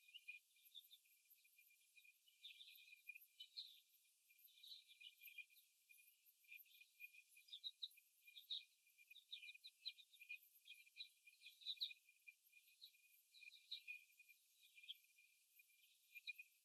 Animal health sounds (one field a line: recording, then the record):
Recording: young laying hens in a cage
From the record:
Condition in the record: before the stressor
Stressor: simulated dog barking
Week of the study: 1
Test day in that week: 2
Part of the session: 4